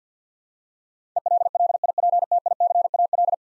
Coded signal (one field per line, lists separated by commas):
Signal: Morse code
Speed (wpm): 50 wpm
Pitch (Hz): 700 Hz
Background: none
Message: ELLIPTICAL